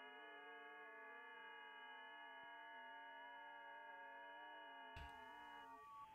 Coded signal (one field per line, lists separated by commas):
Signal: FT8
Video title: HAM RADIO- Sunday Funday Checkin. Q&A?